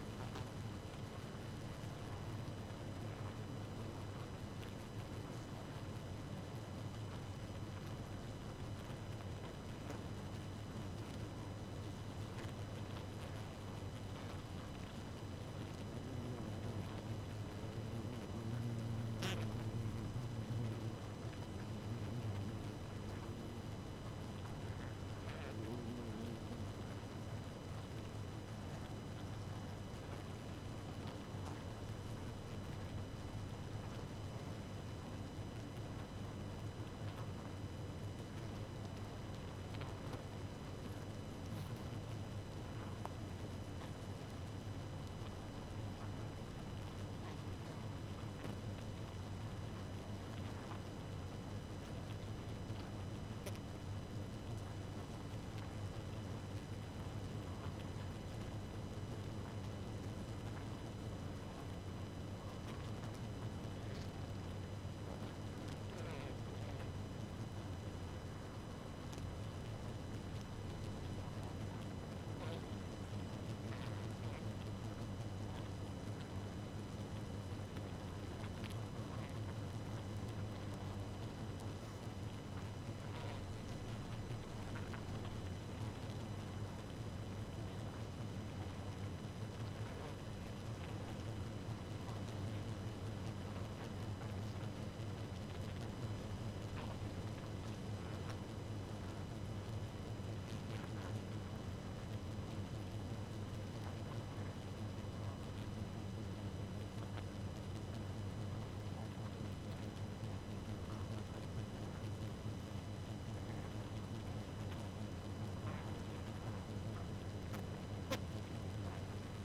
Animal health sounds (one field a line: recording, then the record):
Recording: honeybee colony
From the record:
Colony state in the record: active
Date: 12 June 2018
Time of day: 0:57